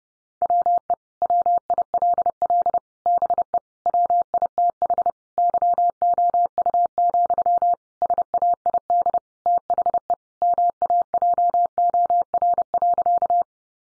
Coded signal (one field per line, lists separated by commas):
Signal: Morse code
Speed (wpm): 30 wpm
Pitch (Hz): 700 Hz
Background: none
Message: WE WILL BE WITH YOU, SAID THE MAJOR.